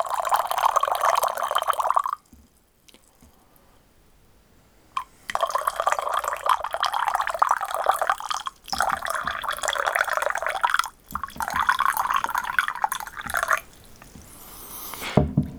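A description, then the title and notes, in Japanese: Someone drinks tea: long, bubbly slurping sips of liquid, each lasting a few seconds, with short silent pauses between them. A small click sounds near the five-second mark, and a sharp knock, like a cup being set down, closes the clip. お茶を飲む音。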